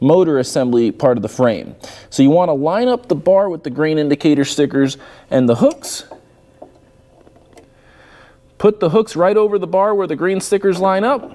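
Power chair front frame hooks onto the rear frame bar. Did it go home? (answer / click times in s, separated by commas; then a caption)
no / none. The front frame hooks of a Pride Mobility portable power chair are lined up over the rear frame bar on the rear motor assembly, at the green indicator stickers, while someone talks. During a pause, a few faint ticks are heard at about 6.6, 7.3 and 7.6 seconds. Nothing has seated or clicked into place yet.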